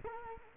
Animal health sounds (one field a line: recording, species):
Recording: mosquito wingbeat signal from an infrared sensor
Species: Culex quinquefasciatus